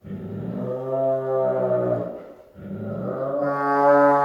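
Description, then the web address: Bengal tiger growling, two long deep rumbling growls with a short pause between them, the second rising louder. Female at a zoo; long growls. "Sound Ideas Tigers Sound Effects"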